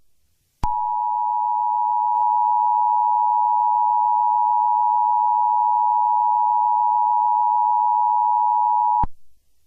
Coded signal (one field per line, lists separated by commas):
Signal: Emergency Alert System (SAME) tones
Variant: 853 and 960 Hz attention tone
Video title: EAS Scenario #99: Cacophony